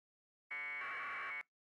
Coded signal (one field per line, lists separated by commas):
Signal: packet radio (AX.25, as in APRS)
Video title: Stupidly simple Windows APRS iGate/digipeter with DigiRig and Baofeng